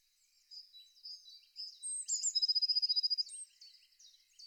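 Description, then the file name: Eurasian blue tit song: several scattered high chirps, then thin opening notes and a fast, ringing trill, then more soft twittering. "pimpelmees"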